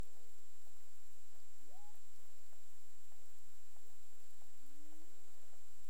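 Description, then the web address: Cetacean sounds: an upswept whistle-like note, short bent sweeps and a long low rising moan near the end, over faint clicks and a constant high-pitched hum. Clicks recorded off Bermuda on 17 April 2021 at 23:59 UTC, part of the CARIMAM sample collection. "CARIMAM SAMPLES. BERMUDE 20211704 23 h 59 clic"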